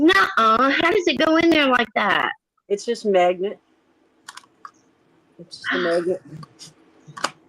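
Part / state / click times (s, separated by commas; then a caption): cartridge into magnetic handheld device / seated / 7.2 s. A cartridge is swapped into a small handheld device, where it is held in place by a magnet, while people talk. After a few faint ticks, two quick, sharp clicks at 7.2 and 7.3 seconds mark the cartridge seating in the device.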